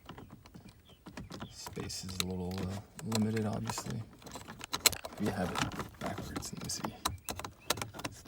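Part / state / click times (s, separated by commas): speedometer bezel trim into the instrument cluster dash / seated / 7.7 s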